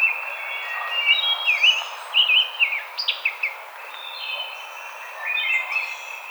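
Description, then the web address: Rose-breasted grosbeak singing a fluid warble in short bursts, loudest in the first three seconds, with thin chirps from other birds around it. Recorded on 5 May 2007. "Rose-breasted Grosbeak 2007 05 05"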